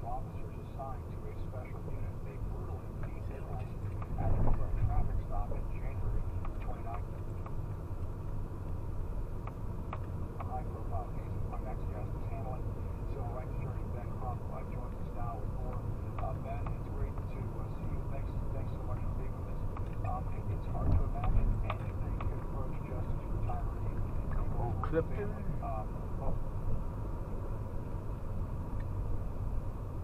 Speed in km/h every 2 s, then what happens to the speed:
18, 18, 18, 18, 19, 19, 21, 23, 23, 23, 21, 23, 23, 23, 23.
0-30 steady at about 21.